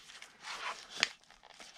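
The snap button on the flap of a Ganzo G302-B multitool belt case is pressed shut, closing the flap so it won't just pop open. Soft rustling and handling noise build up before a sharp, bright snap at 1.0 s, followed by quieter handling sounds. The fastener is seated.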